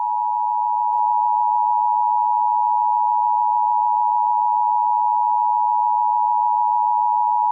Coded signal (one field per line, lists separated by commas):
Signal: Emergency Alert System (SAME) tones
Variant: 853 and 960 Hz attention tone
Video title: EAS Scenario Special - Freezing Earth